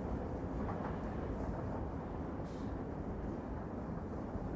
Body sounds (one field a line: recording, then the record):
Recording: background sound without coughing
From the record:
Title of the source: Train Ride Ambience ambient white noise for sleeping, focus, studying, reading